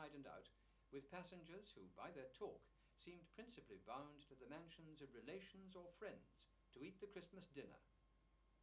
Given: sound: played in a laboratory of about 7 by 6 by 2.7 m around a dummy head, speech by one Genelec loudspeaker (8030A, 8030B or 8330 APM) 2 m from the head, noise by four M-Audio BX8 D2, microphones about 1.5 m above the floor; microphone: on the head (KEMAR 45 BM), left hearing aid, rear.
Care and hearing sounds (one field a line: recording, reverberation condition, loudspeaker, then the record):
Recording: male speech in English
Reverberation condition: low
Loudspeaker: 120 degrees to the left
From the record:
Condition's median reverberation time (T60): about 310 ms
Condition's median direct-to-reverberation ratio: about 3.5 dB